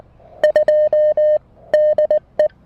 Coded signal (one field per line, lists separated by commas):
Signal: Morse code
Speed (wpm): 19 wpm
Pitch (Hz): 610 Hz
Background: none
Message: 2 DE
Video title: A quick Emtech ZM-2 manual ATU tutorial and POTA activation with the Mountain Topper MTR-4B!